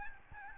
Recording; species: mosquito wingbeat signal from an infrared sensor; Aedes albopictus